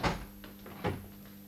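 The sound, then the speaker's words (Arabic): A door opens with a broad thud and creak as a departing guest is shown out, then shuts with a second heavy clunk less than a second later, over a steady low hum and faint background hiss. “سأقودك إلى الباب، تفضل يا عزيزي.”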